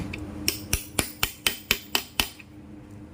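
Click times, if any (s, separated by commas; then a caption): 0.5 s, 1.2 s, 1.5 s, 1.7 s, 2.0 s, 2.2 s. A metal lock-type washer is tapped into the clutch hub lock of a TVS Apache 200 4V motorcycle engine with a series of sharp hits at 0.5, 1.2, 1.5, 1.7, 2.0 and 2.2 seconds. The washer is seated in its place.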